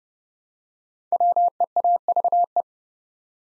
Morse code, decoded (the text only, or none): WEAVE